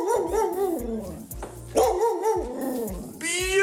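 A dog barks and yelps in a series of loud, drawn-out, tonal outbursts, with a sharper, higher-pitched cry at the end. No other sounds cover it.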